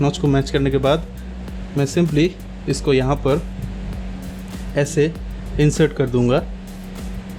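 A second DDR3 1600 MHz RAM module is lined up by its notch with a motherboard DIMM slot and handled for insertion while someone talks over light background music and a steady low hum. Nothing has seated or clicked yet; the module is not yet home in the slot.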